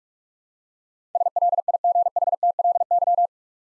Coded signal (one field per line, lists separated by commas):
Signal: Morse code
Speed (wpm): 42 wpm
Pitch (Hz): 700 Hz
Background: none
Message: SLIGHTLY